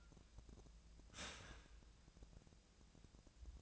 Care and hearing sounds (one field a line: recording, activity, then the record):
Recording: daily activity, microphone in the room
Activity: start toaster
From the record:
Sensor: 2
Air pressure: 1000.0 hPa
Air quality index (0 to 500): 151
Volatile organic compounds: 2 ppm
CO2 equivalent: 1280 ppm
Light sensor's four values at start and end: 25/62/26/29 and 25/63/27/29